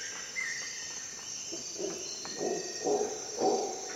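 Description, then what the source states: Howler monkey roars rising into loud, coarse bursts in the second half, after a lone whistled bird note, with high insects buzzing throughout. At dawn in the jungle of Costa Rica, during an expedition.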